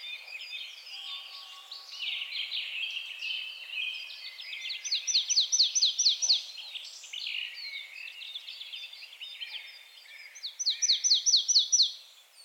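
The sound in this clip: Marsh tit: two quick bursts of sharp, repeated high notes, set against steady twittering.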